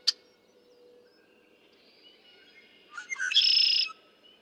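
Red-winged blackbird song near the end, a few stuttered notes rising into a harsh buzzy trill, after a sharp click and faint background bird notes.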